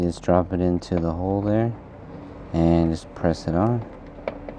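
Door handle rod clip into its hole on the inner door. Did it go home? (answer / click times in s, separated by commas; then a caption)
no / none. Someone talks while a plastic clip for the door handle or lock rod on the inner door of a 2003-2007 Honda Accord is dropped into its hole and pressed on by hand. A couple of brief sharp taps come near the end, around 4.3 s and 4.5 s. Nothing has seated or clicked yet.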